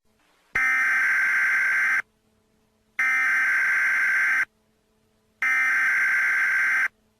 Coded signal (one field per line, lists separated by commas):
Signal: Emergency Alert System (SAME) tones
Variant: header bursts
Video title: Hospital Fire Outbreak (EAS Scenario)